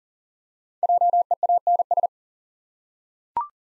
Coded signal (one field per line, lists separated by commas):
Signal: Morse code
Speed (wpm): 40 wpm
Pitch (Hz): 700 Hz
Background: none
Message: JEANS